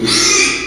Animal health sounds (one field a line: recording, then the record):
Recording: squeal of a Yucatan mini pig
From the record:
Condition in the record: after surgery on the right vocal fold (resection and tissue-engineered implant)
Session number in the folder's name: 2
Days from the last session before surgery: 13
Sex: male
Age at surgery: 12 weeks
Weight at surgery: 13 kg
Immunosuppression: cyclosporine, prednisolone